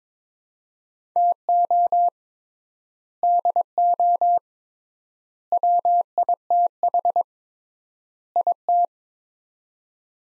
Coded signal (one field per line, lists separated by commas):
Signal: Morse code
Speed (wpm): 22 wpm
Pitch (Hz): 700 Hz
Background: none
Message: TO DO WITH IT